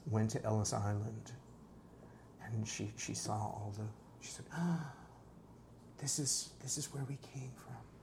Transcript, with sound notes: went to Ellis Island and she saw all the names—she said, [gasps] “This is this is where we came from.”